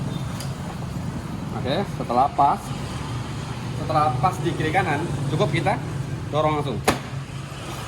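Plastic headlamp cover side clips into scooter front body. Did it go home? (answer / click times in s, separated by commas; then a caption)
no / none. A plastic headlamp cover with side clips is aligned on the left and right on the front body of a 2021 Honda Scoopy Prestige scooter, ready to be pushed straight in. Someone talks over a steady low hum, with a brief sharp tick near 6.9 seconds. Nothing has seated or clicked yet.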